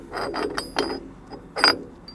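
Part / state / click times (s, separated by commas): centering plate onto blast wheel flywheel pins / not seated / none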